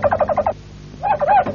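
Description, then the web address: Harz Roller canary: a rapid string of repeated low notes, a short pause, then a smooth undulating roll. "~joaopt canarios cantoharz"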